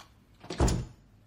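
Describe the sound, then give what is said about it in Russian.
A hotel room door is opened by a housekeeper coming in to clean the room, with a single solid clunk and a brief rattle of the latch, a short wooden thump that fades quickly into quiet room tone, with no voices. “Открывает двери и заходит в номер.”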